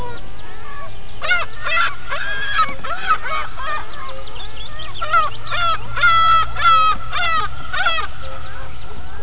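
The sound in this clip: Gulls giving repeated harmonic, nasal calls in overlapping bursts, several birds calling at once, with a low steady rumble underneath.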